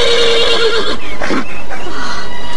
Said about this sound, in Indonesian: Kuda setan yang telah menjadi sahabat Anting Wulan tetap berdiri di hadapan Raden Purbaya. Kuda itu mengais-ngais kakinya dan sesekali meringkik keras dengan sikap yang kelihatan marah.